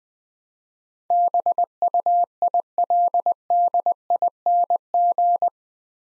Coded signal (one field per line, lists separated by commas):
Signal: Morse code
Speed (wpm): 20 wpm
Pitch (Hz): 700 Hz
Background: none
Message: BUILDING